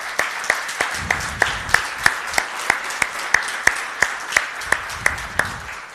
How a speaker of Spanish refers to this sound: ¡Wow! Wow, dar un aplauso al Señor.